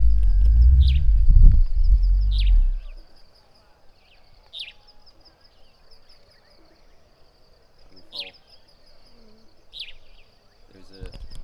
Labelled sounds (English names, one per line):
Superb Starling